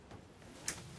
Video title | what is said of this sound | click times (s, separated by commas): Season 8 Episode 31 - The Repair Shop (Full Episode) | and then they should click nicely | 0.7 s